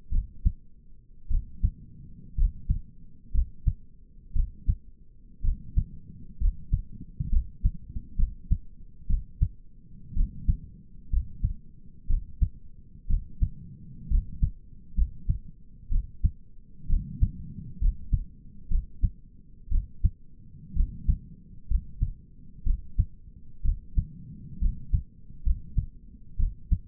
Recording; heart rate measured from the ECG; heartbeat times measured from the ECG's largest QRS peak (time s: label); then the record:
heart sounds by stethoscope; 62 bpm
0.12 s: heartbeat
1.30 s: heartbeat
2.37 s: heartbeat
3.34 s: heartbeat
4.35 s: heartbeat
5.44 s: heartbeat
6.40 s: heartbeat
7.31 s: heartbeat
8.18 s: heartbeat
9.09 s: heartbeat
10.16 s: heartbeat
11.12 s: heartbeat
12.09 s: heartbeat
13.09 s: heartbeat
14.10 s: heartbeat
14.97 s: heartbeat
15.91 s: heartbeat
16.89 s: heartbeat
17.81 s: heartbeat
18.70 s: heartbeat
19.71 s: heartbeat
20.76 s: heartbeat
21.70 s: heartbeat
22.66 s: heartbeat
23.64 s: heartbeat
24.61 s: heartbeat
25.45 s: heartbeat
26.39 s: heartbeat
From the record:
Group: healthy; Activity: rest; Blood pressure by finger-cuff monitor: 93/63 mmHg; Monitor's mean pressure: 73 mmHg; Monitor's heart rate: 62 bpm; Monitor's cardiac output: 5.4 L/min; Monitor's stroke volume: 88 mL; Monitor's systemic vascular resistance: 990 dyn s/cm5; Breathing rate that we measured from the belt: 17 breaths a minute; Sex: male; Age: 22 years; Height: 181 cm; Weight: 79 kg